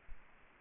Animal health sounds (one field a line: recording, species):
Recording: mosquito wingbeat signal from an infrared sensor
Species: Aedes aegypti